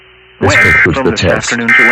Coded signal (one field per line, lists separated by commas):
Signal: Emergency Alert System (SAME) tones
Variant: end-of-message bursts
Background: speech